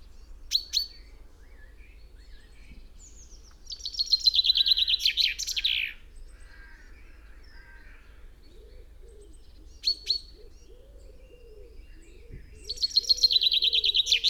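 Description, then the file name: Common chaffinch: a double call note, one song phrase of falling notes ending in a flourish, another double call, then a second song phrase cut off at the end. "Fringilla coelebs"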